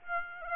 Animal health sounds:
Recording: mosquito wingbeat signal from an infrared sensor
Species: Aedes aegypti

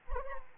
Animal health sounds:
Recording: mosquito wingbeat signal from an infrared sensor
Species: Anopheles arabiensis

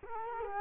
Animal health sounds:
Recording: mosquito wingbeat signal from an infrared sensor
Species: Culex quinquefasciatus

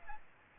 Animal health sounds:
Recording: mosquito wingbeat signal from an infrared sensor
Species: Aedes aegypti

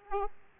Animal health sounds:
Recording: mosquito wingbeat signal from an infrared sensor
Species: Aedes aegypti

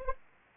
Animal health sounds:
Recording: mosquito wingbeat signal from an infrared sensor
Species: Anopheles arabiensis

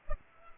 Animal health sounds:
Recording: mosquito wingbeat signal from an infrared sensor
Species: Culex pipiens

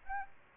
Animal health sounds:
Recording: mosquito wingbeat signal from an infrared sensor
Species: Aedes aegypti

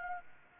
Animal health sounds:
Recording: mosquito wingbeat signal from an infrared sensor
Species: Anopheles gambiae

